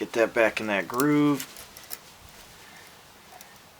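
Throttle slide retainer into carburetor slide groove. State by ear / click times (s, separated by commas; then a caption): seated / 1.9 s. Someone talks while compressing the spring on the throttle slide assembly of a Yamaha TTR dirt bike carburetor and pushing the slide retainer back into its groove. A short, sharp tick follows at 1.9 s as the retainer locks into the groove, and only faint low noise remains afterward.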